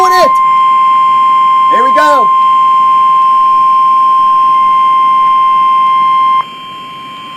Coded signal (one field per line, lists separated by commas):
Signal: Emergency Alert System (SAME) tones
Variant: 1050 Hz attention tone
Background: speech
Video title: WHAT A WAY TO END THE YEAR | 12/29/21 - KEC65 & WNG676 Required Weekly Tests (EAS #329 & EAS #330)